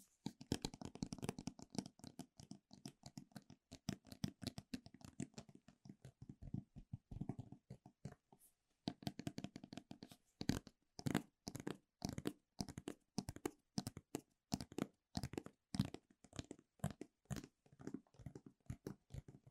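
Fingers tap on Apple gadgets and product boxes in quick, uneven bursts. The first half is a dense, hollow patter with a low thump, then a short pause near eight seconds before sharper, crisper clicking taps return in rapid clusters through the end.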